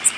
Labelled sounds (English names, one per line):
Worm-eating Warbler flight call